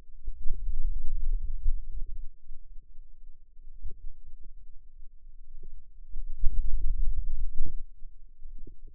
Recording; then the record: forearm muscle sounds (acoustic myography)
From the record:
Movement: hand opening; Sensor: system 2, bracelet of six BSWA MPA416 microphones around the upper forearm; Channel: 5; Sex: male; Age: 22 years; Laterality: right